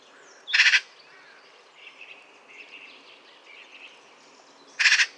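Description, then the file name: Eurasian magpie producing two short, grating rattles about four seconds apart, with faint chirps from other birds heard in between. "Pica pica"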